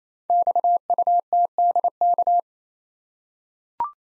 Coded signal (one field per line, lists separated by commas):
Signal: Morse code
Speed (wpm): 27 wpm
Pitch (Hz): 700 Hz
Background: none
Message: XUTDK